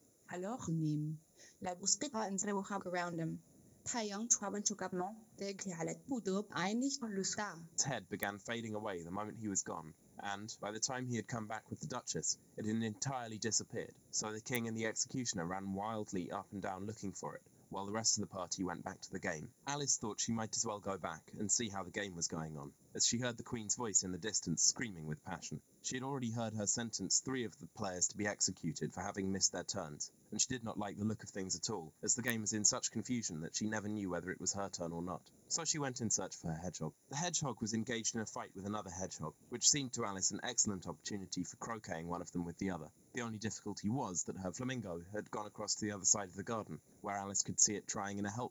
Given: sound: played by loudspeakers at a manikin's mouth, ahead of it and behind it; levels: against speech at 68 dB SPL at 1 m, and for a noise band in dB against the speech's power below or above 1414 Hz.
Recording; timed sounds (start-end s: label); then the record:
test signals for a remote microphone
0.00-7.78 s: speech test signal (ISTS)
7.78-48.51 s: man speaking
From the record:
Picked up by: remote microphone A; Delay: 47 ms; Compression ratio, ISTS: 4.90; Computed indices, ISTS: SII 0.993, HASPI 0.999, HASQI 0.497 (non-linear 0.574, linear 0.866), ESTOI 0.858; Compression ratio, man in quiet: 8.14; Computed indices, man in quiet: SII 0.991, HASPI 1.000, HASQI 0.503 (non-linear 0.584, linear 0.862), ESTOI 0.841